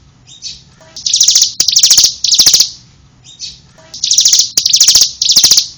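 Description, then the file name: Prinia song: buzzy, hissing high phrases in two groups of three, each group introduced by a soft faint note. "ciblek alang alang"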